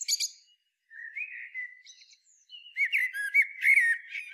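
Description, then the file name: Common blackbird singing: sharp high chirps first, then a smooth fluted whistle, a few thin notes, and a burst of quick warbling with squeaky overtones. "Turdus merula"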